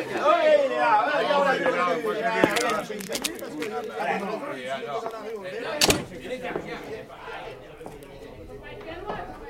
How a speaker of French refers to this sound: Une porte qui s'ouvre.